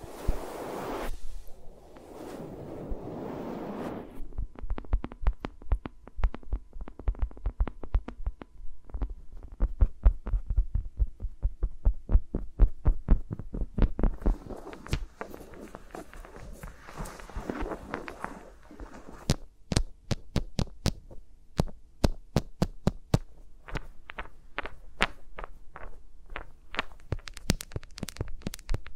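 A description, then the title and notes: Fingers move around microphones, starting with a soft, rushing rubbing for about four seconds. Then come quick tapping clicks, irregular at first with brief swishes around 15 and 18 seconds, growing denser and sharper toward the end. Each tap carries a low thump. ASMR with Mics Around My Fingers (No Talking).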